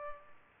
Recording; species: mosquito wingbeat signal from an infrared sensor; Culex pipiens